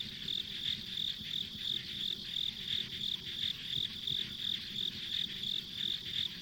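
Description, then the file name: Steady high insect chirps repeat quickly and evenly over a constant ringing drone and soft low-frequency noise. Ambient insect sounds on a country road. "田舎道の虫の環境音"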